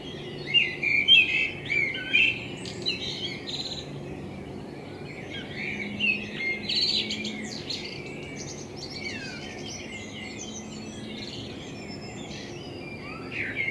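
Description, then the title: Common blackbird song with busy twittered phrases early on, then quieter scattered notes, over a constant low rumble. Binaural dummy-head recording made with a self-built dummy head, in front of the recordist's window, meant for listening on headphones. "Kunstkopfaufnahme der Amsel vor meinem Fenster"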